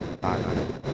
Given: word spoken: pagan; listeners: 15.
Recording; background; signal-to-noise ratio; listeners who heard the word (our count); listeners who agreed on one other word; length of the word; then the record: one Spanish word in noise, from a listening test; noise modulated by three-talker babble; -3.7 dB; 2 of 15; 7 of 15; 0.53 s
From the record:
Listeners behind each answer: 7, 2, 2, 1, 1, 1, 1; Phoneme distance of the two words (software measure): 7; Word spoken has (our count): 2 syllables, 5 phonemes, stress on syllable 1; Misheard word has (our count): 2 syllables, 4 phonemes, stress on syllable 1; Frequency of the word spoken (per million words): 13.37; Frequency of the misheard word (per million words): 19.86